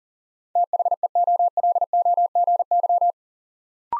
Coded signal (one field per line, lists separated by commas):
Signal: Morse code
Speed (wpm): 40 wpm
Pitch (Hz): 700 Hz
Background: none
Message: THEOLOGY